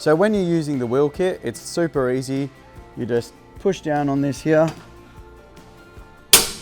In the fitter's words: push down until you hear that click now you know it's up in the air and then you can easily move the bandsaw